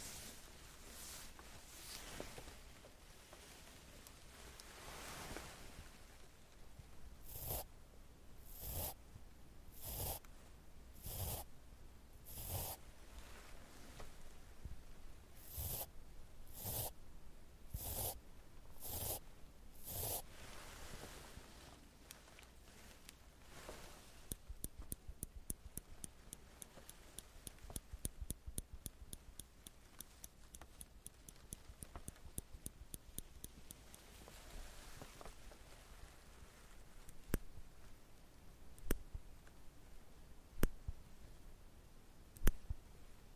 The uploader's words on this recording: ASMR Doing your Makeup sound tweezers curling iron No Talking.